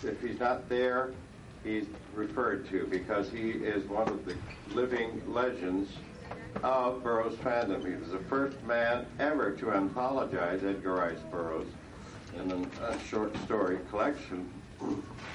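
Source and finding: Adult male speaker (host). Normal voice.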